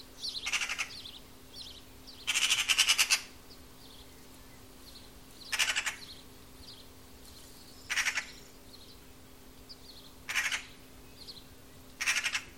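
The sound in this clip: Bird calls: harsh, buzzy rasping bursts, one long and several short, spaced about two seconds apart, over a faint steady hum.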